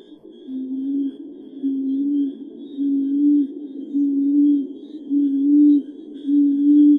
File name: Tawny Frogmouth